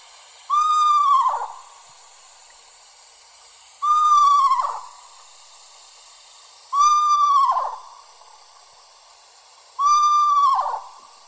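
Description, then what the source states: Eastern screech owl calls: four falling, horse-like whinnies, each near a second long, spaced about three seconds apart over a soft steady hiss. The calls begin with tremolos and end with a whining sound like a horse.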